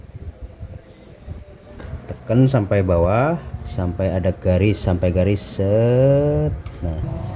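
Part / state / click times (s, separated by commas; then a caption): locking clip on a water pump shaft/seal assembly / not seated / none. A locking clip on the shaft and seal assembly of a Panasonic household water pump is handled during reassembly after a bearing change and is pressed down toward a marked line. Someone talks throughout over low background noise, with a brief sharp sound at 1.8 s. Nothing has seated or clicked yet.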